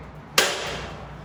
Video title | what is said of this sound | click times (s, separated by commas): Issues with garage door Unit 104 & 304 | to re-engage it pull your rope you'll hear it click | 0.4 s